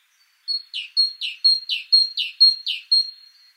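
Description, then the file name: Great tit singing a rhythmic see-saw phrase, a thin high note then a rougher lower one, repeated several times at about two phrases per second. "Parus major"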